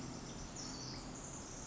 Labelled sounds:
Pacific Wren (Troglodytes pacificus)
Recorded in Sonoma County, California

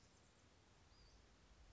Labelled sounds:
Western Flycatcher (Empidonax difficilis)
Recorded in Sonoma County, California

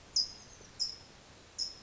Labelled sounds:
California Towhee (Melozone crissalis)
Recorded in Sonoma County, California

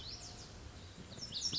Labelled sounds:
Lazuli Bunting (Passerina amoena)
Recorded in Sonoma County, California

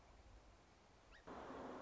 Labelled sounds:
Song Sparrow (Melospiza melodia)
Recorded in Sonoma County, California

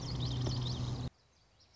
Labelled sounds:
Common Yellowthroat (Geothlypis trichas)
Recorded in Sonoma County, California

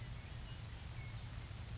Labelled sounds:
Grasshopper Sparrow (Ammodramus savannarum)
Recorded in Sonoma County, California

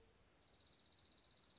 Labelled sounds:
Dark-eyed Junco (Junco hyemalis)
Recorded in Sonoma County, California

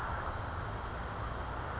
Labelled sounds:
California Towhee (Melozone crissalis)
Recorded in Sonoma County, California

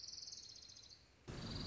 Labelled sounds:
Orange-crowned Warbler (Leiothlypis celata)
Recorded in Sonoma County, California

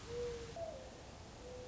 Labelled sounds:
Mourning Dove (Zenaida macroura)
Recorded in Sonoma County, California

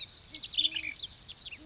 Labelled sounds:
Great Horned Owl (Bubo virginianus)
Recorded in Sonoma County, California

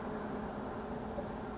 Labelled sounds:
California Towhee (Melozone crissalis)
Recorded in Sonoma County, California

